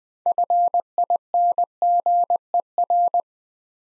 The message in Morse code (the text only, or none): FINGER